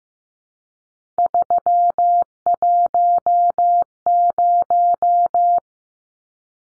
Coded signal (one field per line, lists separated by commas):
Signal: Morse code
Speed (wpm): 15 wpm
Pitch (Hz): 700 Hz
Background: none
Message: 310